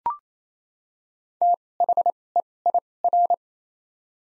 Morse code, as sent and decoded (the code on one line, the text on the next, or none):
- / .... / . / .. / .-.
T H E I R